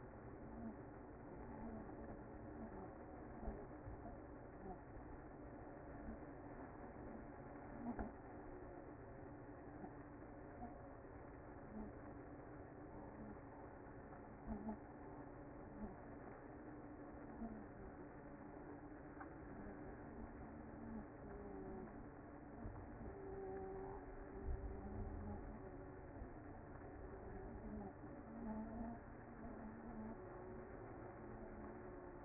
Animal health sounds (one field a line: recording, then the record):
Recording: honeybee colony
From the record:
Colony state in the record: active